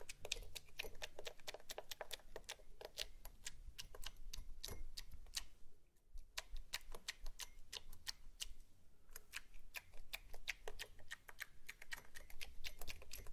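Slime is squished and poked, making a rapid, irregular stream of sharp clicks and wet pops that crowd together almost without pause. A brief lull comes near six seconds, then the dense crackling resumes. A faint low rumble runs underneath throughout.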